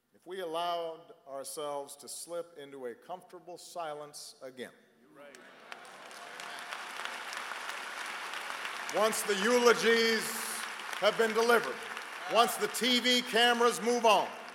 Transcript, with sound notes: if we allowed ourselves to slip into a comfortable silence again. (Applause.) Once the eulogies have been delivered, once the TV cameras move on,